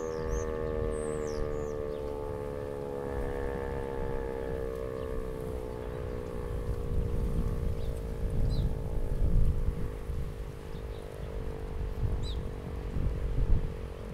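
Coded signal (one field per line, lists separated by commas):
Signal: siren signal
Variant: E57 siren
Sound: continuous droning siren tone, slowly sinking in pitch, with birds chirping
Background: birdsong, outdoor wind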